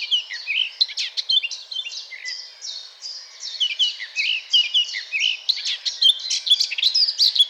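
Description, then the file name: Eurasian blackcap giving a continuous, rapid warbling song of varied chirps and twittering notes, fairly high-pitched and unbroken throughout, with no other clear sounds. "Sylvia atricapilla"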